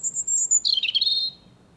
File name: Erithacus rubecula 240922